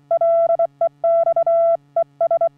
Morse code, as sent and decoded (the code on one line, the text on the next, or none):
.-.. . -..- / . ...
LEX ES